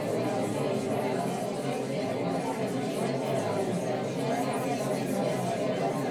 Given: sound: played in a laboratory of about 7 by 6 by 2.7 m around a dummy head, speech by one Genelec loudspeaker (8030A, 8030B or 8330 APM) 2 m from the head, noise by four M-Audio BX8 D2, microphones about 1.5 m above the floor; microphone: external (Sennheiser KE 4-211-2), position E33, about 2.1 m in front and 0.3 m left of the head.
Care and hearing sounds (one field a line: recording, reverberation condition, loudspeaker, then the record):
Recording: babble noise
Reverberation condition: low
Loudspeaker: four, about 170 cm from the corners of the room and facing them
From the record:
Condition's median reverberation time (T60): about 310 ms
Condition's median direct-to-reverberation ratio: about 3.5 dB